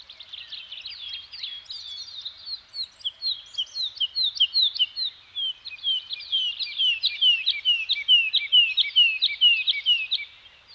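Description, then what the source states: Bird song: continuous high twittering of short slurred notes, busier in the second half. Nature soundscape of a Scandinavian forest environment with birds singing.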